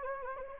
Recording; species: mosquito wingbeat signal from an infrared sensor; Anopheles gambiae